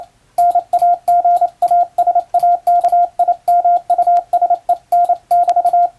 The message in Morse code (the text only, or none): NAGASAKIMUSEN<BT>